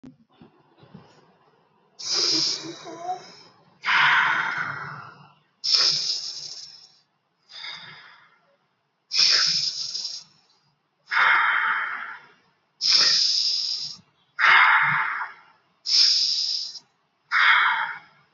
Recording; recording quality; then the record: deep breathing; excellent, no background noise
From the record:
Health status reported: healthy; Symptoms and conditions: none ticked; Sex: male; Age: 36 years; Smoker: not ticked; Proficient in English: yes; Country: India